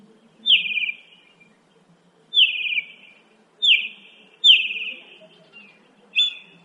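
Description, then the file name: Northern mockingbird song, several short descending buzzy trills repeated with gaps, clear over a quiet background. "kicauan-burung-northern-mockingbird -omkicau"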